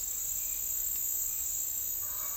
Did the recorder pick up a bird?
no